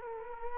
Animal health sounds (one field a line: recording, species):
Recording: mosquito wingbeat signal from an infrared sensor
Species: Culex quinquefasciatus